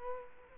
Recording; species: mosquito wingbeat signal from an infrared sensor; Culex quinquefasciatus